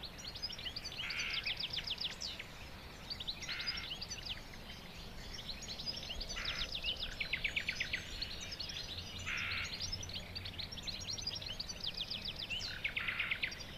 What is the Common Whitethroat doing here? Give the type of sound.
call